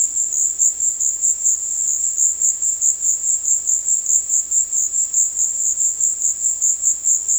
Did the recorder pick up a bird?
no